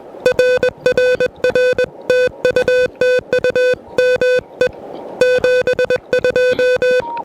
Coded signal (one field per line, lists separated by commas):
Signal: Morse code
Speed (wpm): 19 wpm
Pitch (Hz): 500 Hz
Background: music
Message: RRR TU TU ME 72